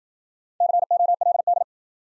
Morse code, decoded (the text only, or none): COLD